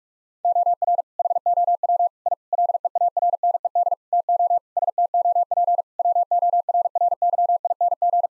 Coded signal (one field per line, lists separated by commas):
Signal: Morse code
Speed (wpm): 41 wpm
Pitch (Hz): 700 Hz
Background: none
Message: OR HOW I LEARNED TO STOP WORRYING